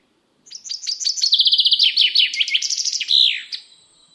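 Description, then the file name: Common chaffinch song: a bright, accelerating series of high chipping notes falling in pitch, then a quick flourish at the end, about three seconds long. "chaffinch"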